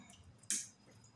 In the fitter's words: And it locks in place.